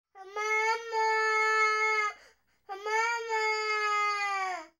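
Two long, sustained wails of about two seconds each, separated by a brief pause for breath. The baby's cry is high-pitched, steady and tonal, with a slight downward fall at the end of each bout. Typical infant crying.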